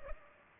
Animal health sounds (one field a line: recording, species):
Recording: mosquito wingbeat signal from an infrared sensor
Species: Culex pipiens